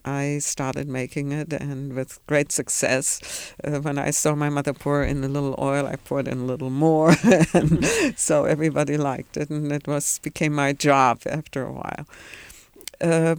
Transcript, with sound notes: I started making it, with great success. When I saw my mother pour in a little oil I poured in a little more, (she laughs) so everybody liked it, and it was, it became my job after a while.